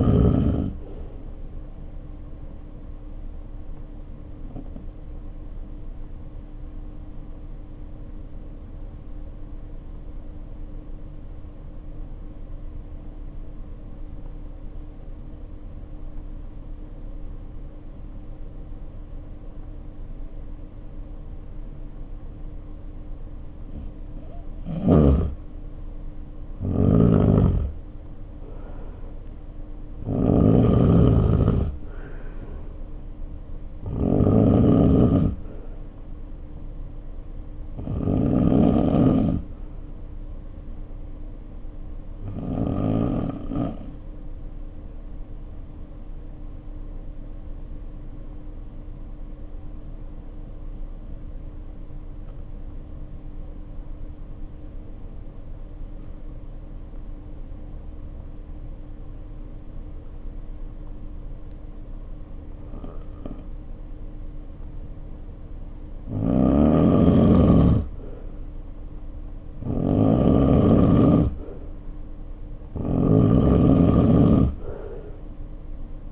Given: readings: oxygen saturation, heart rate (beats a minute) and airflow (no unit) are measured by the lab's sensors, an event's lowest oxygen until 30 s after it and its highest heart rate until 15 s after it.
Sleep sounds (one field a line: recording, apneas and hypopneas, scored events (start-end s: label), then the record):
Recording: breathing in sleep by a smartphone at the bedside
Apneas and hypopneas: 2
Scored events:
7.00-29.50 s: obstructive apnea (N2, oxygen 96% highest, then 86% lowest, heart rate 51 at the start, 66 highest)
16.00-46.00 s: new sleep stage, N1 (lightest sleep)
42.00-67.20 s: hypopnea (N1, oxygen 96% highest, then 84% lowest, heart rate 56 at the start, 63 highest)
46.00-76.12 s: new sleep stage, N2 (light sleep)
From the record:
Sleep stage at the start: N2 (light sleep)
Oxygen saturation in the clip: 86 to 96%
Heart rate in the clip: 51 to 66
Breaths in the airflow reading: 11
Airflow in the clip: -4.0 to 4.1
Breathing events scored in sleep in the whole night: 520 in 7.2 hours asleep